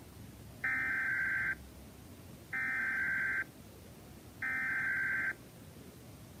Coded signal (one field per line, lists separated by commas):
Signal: Emergency Alert System (SAME) tones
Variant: header bursts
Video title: EAS SVR (From OUN) 3/5/26 8:40 PM CST (Credit Goes To @SouthernPennsylvaniaWX/@KanawhaCountyWX)